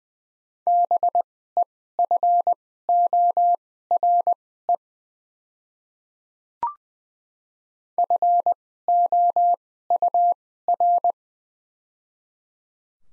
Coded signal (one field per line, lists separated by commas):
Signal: Morse code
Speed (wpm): 20 wpm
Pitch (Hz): 700 Hz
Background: none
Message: BEFORE FOUR